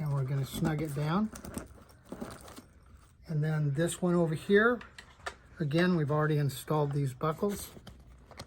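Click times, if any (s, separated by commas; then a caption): none. A plastic side-release buckle on a soft luggage strap of a motorcycle bag is being handled, its male end brought toward its female end, while someone talks. Faint handling ticks come through in the pauses around 2.1 s and 2.4 s, and a brief sharp tick lands at the very end. Nothing has seated or clicked yet.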